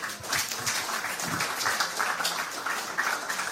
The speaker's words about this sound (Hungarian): Na, ezt meg lehet tapsolni.